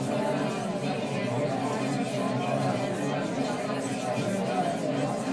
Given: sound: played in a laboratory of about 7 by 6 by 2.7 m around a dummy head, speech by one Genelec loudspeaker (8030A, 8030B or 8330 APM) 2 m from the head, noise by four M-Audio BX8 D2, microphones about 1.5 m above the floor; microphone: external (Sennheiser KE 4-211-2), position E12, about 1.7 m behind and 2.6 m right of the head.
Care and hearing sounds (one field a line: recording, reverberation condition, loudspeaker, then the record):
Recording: babble noise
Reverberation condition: low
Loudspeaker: four, about 170 cm from the corners of the room and facing them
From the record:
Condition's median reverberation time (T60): about 310 ms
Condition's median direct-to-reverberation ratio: about 3.5 dB